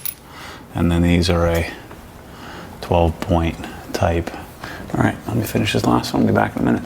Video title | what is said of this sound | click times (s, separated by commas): The Golf Blue RS Series: E4 Exhaust Removal & Spark Plug Replacement | You're going to hold on to it. It's going to snap in place. | 0.1 s